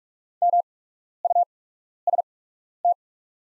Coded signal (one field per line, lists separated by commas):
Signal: Morse code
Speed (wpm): 44 wpm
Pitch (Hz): 700 Hz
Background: none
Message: MUST